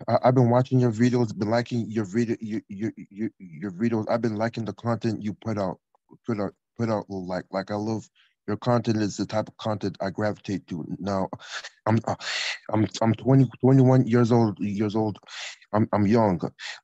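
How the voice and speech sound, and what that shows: A 21-year-old man speaks with repeated words and syllables and halting pauses, a speech impediment resembling stuttering.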